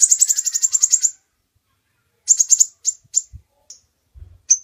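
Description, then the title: Bird song opening with a second-long rapid rattling trill, then a pause, shorter rattles and isolated high notes; faint low thumps underneath. Master recording of birdsong, used for training songbirds. "Master Burung Jos"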